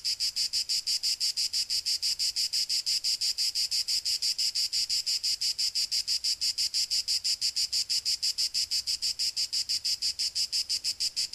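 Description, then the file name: Cicada buzzing call: a steady train of rapid, evenly spaced high rasping pulses running unbroken throughout. "Cicada 2 euroblues"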